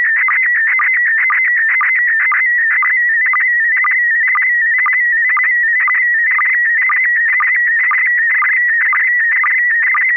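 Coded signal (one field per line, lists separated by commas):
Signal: SSTV (slow-scan television)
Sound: warbling, rapidly shifting tone with a steady low tick about twice a second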